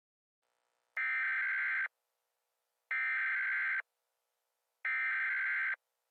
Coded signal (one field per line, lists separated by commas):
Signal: Emergency Alert System (SAME) tones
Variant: header bursts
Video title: EAS Scenario: A Dying Star